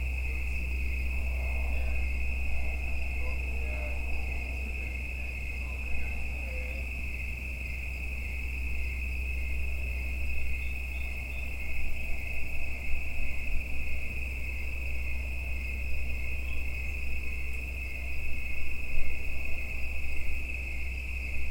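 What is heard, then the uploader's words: Autumn insects keep up a steady, high, ringing trill that never lets up across the whole recording. Beneath it sits a constant low rumble, and faint scattered calls drift in, with the texture growing slightly busier toward the end. Autumn insects on Watts Ranch. In much of the United States, insects start calling in the evening in late summer and into autumn. Recorded by Neal Johnson.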